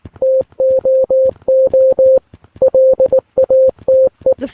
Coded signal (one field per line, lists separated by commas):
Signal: Morse code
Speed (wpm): 21 wpm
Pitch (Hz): 530 Hz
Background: none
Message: TOO LATE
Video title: Translate the Morse code